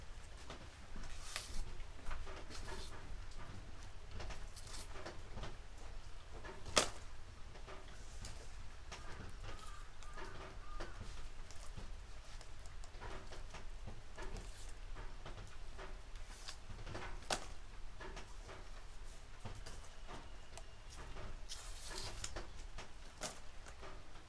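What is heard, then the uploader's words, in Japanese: Harvested green onions being trimmed and bundled, with frequent sharp rustling, peeling and snapping sounds over a steady low rumble, one louder snap near seven seconds. 出荷日の昼下がり。収穫してきたネギの調整作業中(皮むき、葉落とし、軽量、束にする)。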